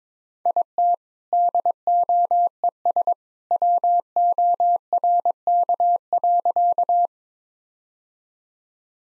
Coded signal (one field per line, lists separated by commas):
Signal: Morse code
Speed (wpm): 21 wpm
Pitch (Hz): 700 Hz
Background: none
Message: IT DOES WORK.